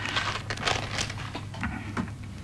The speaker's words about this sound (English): Here's Paul Hollingdale with the highlights of the first news bulletin. Listen carefully and you might just hear the rustling of his script.